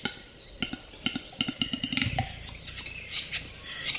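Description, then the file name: Western capercaillie display: single knocking clicks that speed up into a quick series, a deep pop, then a soft scraping phrase. "audio hero Bird Capercaillie"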